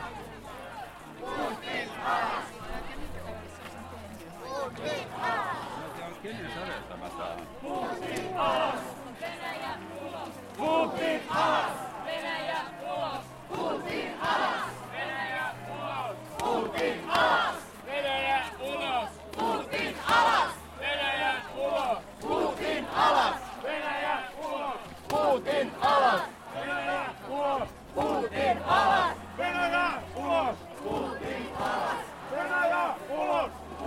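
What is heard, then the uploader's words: A marching crowd of protesters chants and shouts in rhythmic bursts over a steady low drumbeat, dense voices filling the street throughout. Finnish protesters in the snow. "Stand with Ukraine' demonstration in Helsinki. Crowds gather at the Esplanadin puisto (park). The crowd is marching past the embassy building playing music and chanting.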